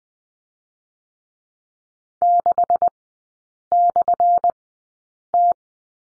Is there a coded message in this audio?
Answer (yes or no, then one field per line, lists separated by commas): yes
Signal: Morse code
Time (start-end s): 2.2-5.5 s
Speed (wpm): 20 wpm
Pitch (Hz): 700 Hz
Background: none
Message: 6/T